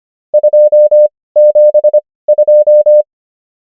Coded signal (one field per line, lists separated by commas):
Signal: Morse code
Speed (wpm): 25 wpm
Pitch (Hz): 600 Hz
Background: none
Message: 272